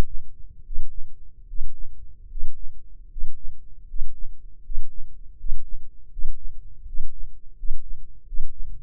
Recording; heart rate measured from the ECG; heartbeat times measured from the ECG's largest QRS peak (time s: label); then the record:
heart sounds by microphone in the left ear; 79 bpm
0.61 s: heartbeat
1.44 s: heartbeat
2.26 s: heartbeat
3.07 s: heartbeat
3.85 s: heartbeat
4.60 s: heartbeat
5.35 s: heartbeat
6.08 s: heartbeat
6.84 s: heartbeat
7.54 s: heartbeat
8.24 s: heartbeat
From the record:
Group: healthy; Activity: breath hold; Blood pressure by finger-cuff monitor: 114/68 mmHg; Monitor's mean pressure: 78 mmHg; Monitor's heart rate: 77 bpm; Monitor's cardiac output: 6.2 L/min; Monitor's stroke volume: 83 mL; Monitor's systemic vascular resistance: 910 dyn s/cm5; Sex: male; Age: 21 years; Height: 180 cm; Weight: 67.5 kg